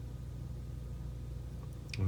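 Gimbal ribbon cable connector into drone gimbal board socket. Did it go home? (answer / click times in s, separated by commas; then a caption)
yes / 1.9 s. A gimbal ribbon cable connector on a Hubsan Zino drone is pressed down by its metal part only, not the ribbon cable, because pressing the cable is how they break, into the socket on the gimbal board. After a steady low hum, a short sharp snap is heard at 1.9 s. The connector is seated in place.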